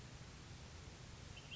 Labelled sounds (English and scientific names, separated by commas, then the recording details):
Ash-throated Flycatcher (Myiarchus cinerascens)
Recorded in Sonoma County, California